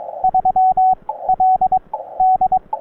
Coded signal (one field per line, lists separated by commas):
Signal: Morse code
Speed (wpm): 22 wpm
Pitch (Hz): 750 Hz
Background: radio noise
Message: 3LD